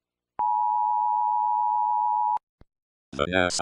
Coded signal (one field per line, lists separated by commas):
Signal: Emergency Alert System (SAME) tones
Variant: 853 and 960 Hz attention tone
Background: speech